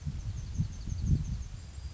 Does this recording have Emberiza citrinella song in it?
yes